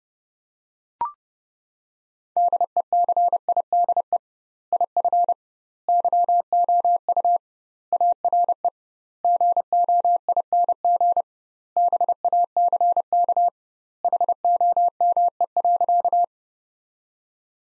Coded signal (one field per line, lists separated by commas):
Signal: Morse code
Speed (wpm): 32 wpm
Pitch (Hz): 700 Hz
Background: none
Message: DECIDE IF YOU ARE GOING BACK HOME.